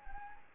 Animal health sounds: mosquito wingbeat signal from an infrared sensor; Anopheles gambiae

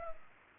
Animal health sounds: mosquito wingbeat signal from an infrared sensor; Culex pipiens

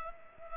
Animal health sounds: mosquito wingbeat signal from an infrared sensor; Culex pipiens

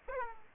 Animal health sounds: mosquito wingbeat signal from an infrared sensor; Aedes aegypti

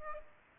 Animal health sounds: mosquito wingbeat signal from an infrared sensor; Aedes aegypti

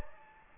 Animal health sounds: mosquito wingbeat signal from an infrared sensor; Anopheles gambiae

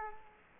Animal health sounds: mosquito wingbeat signal from an infrared sensor; Culex quinquefasciatus

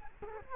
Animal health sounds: mosquito wingbeat signal from an infrared sensor; Culex quinquefasciatus

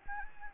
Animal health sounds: mosquito wingbeat signal from an infrared sensor; Anopheles gambiae

